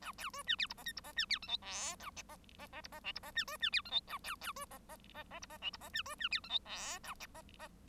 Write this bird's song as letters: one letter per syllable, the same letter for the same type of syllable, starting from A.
A B C D E F G H F G D E I J K A G G G F G L F G D C D E I J A B B C G G G G F G L F G D C D E I J K A